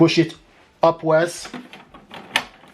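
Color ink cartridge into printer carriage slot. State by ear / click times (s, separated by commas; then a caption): seated / 2.4 s. Someone talks while a tri-color plastic ink cartridge is pushed upward into its slot in the carriage of an HP DeskJet 4200e printer. A few faint knocks lead into a sharp click at 2.4 s as the cartridge snaps home and seats.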